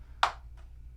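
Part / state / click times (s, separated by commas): plastic tray with a locking tab pressed into a paintball hopper shell / seated / 0.2 s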